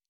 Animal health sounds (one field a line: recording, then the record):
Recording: hydrophone in a shrimp aquaculture tank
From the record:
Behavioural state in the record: normal